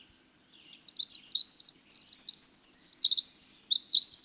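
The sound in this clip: Winter wren song, a long, very high, rapid cascade of tinkling trills and warbled notes, running on without pause.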